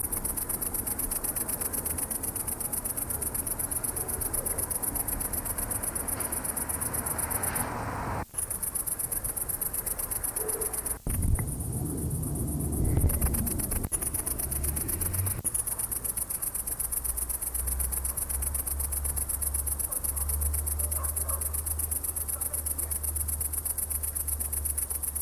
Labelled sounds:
Great Green Bush-cricket stridulation
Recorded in the wild
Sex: male
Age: imago
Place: Lübars, Benekendorffstraße, Berlin, DE
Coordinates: 52.6167, 13.3469
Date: 1998-08-17 20:58
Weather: heiter, 18°C
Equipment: Marantz CP 430, Sennheiser ME 80, Kopie Uher 4000 Report Monitor
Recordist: Tembrock, Günter

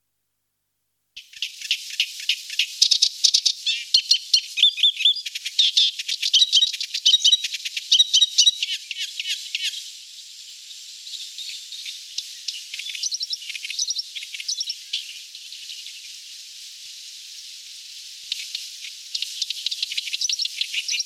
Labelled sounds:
Thick-billed Warbler song
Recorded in the wild
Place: Woschod, Fischteiche, RU
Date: 1994-06-05
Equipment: Dat-Recorder Casio DA 7, Telinga DAT, Telinga-Parabolspiegel
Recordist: Schwarz, Dieter
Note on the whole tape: Song

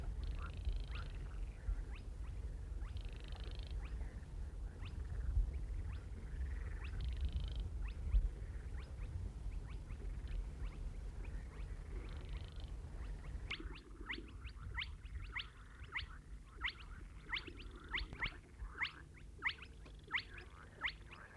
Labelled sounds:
Baillon's Crake song
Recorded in the wild
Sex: male
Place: Steinhuder Meer, Niedersachsen, DE
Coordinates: 52.4734, 9.33772
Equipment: Halbspur, 9,5 cm/s
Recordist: Lütgens, Hans

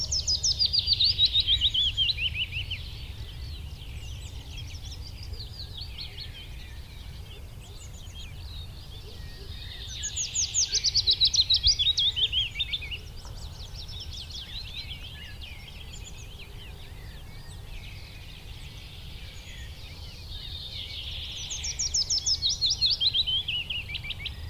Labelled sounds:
Willow Warbler song
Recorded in the wild
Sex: male
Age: adult
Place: Schönow, Naturpark Barnim, Brandenburg, DE
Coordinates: 52.6892, 13.5014
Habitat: wood
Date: 2005-05-28
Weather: clear, 16°C, no wind
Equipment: Edirol R-4, Sennheiser MKH 70, Windschutz
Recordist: Frommolt, Karl-Heinz

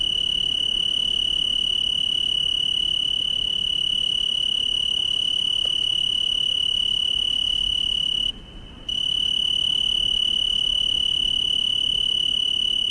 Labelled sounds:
Tree Cricket stridulation
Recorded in the wild
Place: Chania, Insel Kreta, GR
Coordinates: 35.5164, 24.0189
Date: 1996-10-09 19:17
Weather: 18°C, cloudy
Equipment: Sony MD-WM MZ-R3, Sennheiser MKH 416 T, Kopie Uher 4000 Report Monitor
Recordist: Tembrock, Günter

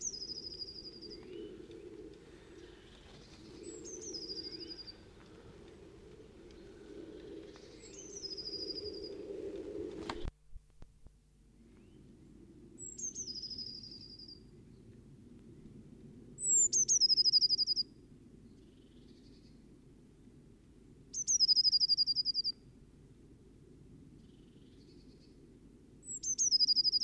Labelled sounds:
Eurasian Blue Tit song
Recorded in the wild
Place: Kaiserslautern, Rheinland-Pfalz, DE
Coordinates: 49.4065, 7.8055
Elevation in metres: 400
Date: 1977-03-01
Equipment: Nagra IV, Sennheiser MKH 405, Parabolreflektor
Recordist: Tretzel, Erwin
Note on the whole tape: Auf der Wolfskaut, Kaiserslautern: Gesang mit "sisisit" und "sisisit bebebe"

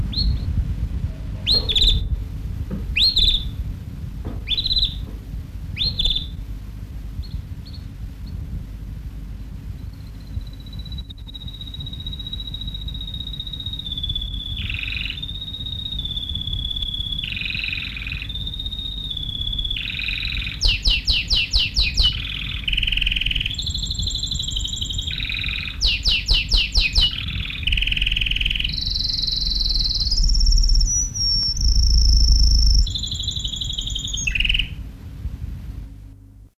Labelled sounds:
Atlantic Canary call
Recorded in captivity
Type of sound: call
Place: Berlin, DE
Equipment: Halbspur, 9,5 cm/s
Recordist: Lütgens, Hans
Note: Bei "Höhns" (?) bei Berlin

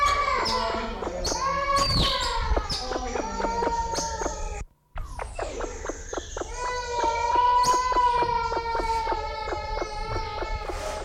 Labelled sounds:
Sulawesi Myna call
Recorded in captivity
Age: adult
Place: Zoo Berlin, Berlin, DE
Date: 1994-03-05 11:49
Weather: heiter, 4°C, Windböen
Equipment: Marantz CP 430, Sennheiser ME 80, Kopie Uher Variocord 263
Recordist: Tembrock, Günter

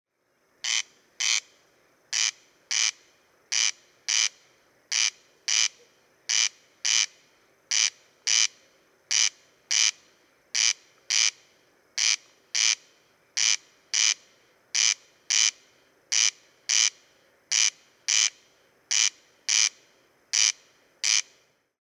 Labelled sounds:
Corn Crake
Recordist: Frommolt, Karl-Heinz
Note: Rufreihe

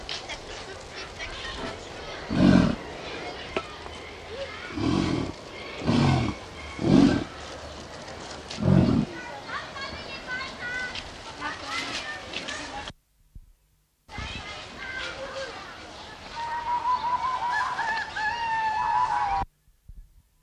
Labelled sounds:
American Bison call
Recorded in captivity
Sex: male
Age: adult
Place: Zoo Berlin, Berlin, DE
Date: 1989-07-17
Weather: partly sunny, 12-16°C
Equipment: Sony WM-D6C, Kopie Tesla B 116
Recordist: Tembrock, Günter
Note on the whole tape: Starke Laute eines einzelnen Männchen

